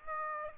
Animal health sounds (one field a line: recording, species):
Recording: mosquito wingbeat signal from an infrared sensor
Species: Aedes aegypti